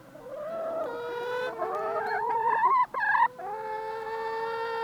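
Chicken: fowl giving long wavering harmonic calls and quick clucks, nearly continuous, with two brief breaks near the middle.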